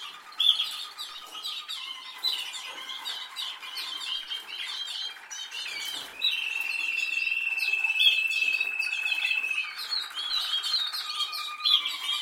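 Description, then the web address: Canary singing soft low trills that lead into a long, bright rolled trill, with many chirpy notes throughout. "Canari Seda Canari"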